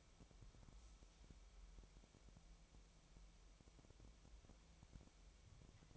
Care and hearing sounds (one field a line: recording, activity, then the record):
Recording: daily activity, microphone in the room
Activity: wipe stove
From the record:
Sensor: 1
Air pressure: 1001.6 hPa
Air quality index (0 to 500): 217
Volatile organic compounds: 27 ppm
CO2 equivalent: 2893 ppm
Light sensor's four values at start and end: 7/28/10/11 and 7/28/10/11